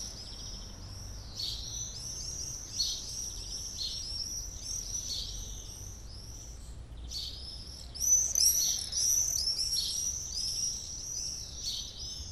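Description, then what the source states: Birds chirping and twittering in quick high bursts over a steady rushing background noise, louder for a while near the end. Birds singing before a storm.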